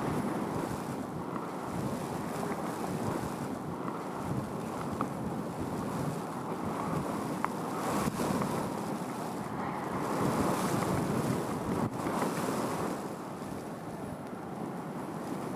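Wind blows steadily across dunes in a dense, low rushing roar, swelling slightly near eight and ten seconds, with faint brief clicks.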